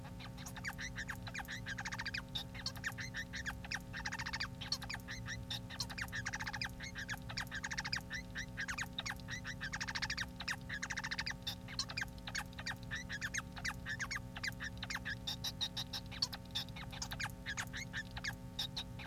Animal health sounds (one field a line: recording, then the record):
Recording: song of a male Bengalese finch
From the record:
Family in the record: son of father 4